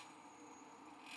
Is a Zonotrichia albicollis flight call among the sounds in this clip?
no